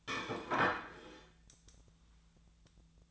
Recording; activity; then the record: daily activity, microphone in the room; place plate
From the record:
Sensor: 3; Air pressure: 1009.4 hPa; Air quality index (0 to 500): 198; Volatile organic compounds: 17 ppm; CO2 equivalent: 2572 ppm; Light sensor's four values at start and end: 32/78/33/35 and 31/78/33/35